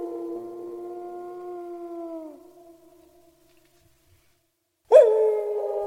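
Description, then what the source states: Wolf howl: a long, steady, slightly falling tone fades out, then after a silence a second howl begins abruptly. A lone wolf howling.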